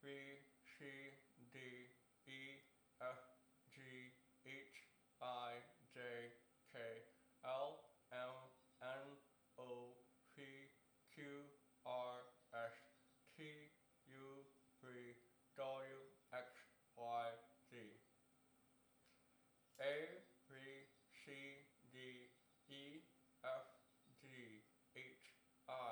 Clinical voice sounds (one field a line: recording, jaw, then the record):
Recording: letters of the alphabet, spoken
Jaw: constrained by a bite bar between the teeth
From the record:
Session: first day, right after the free take